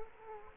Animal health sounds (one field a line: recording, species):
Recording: mosquito wingbeat signal from an infrared sensor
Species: Aedes aegypti